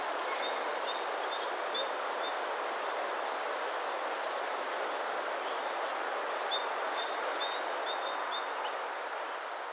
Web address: wroblowe teka spiew. wroblowe teka modraszkoteka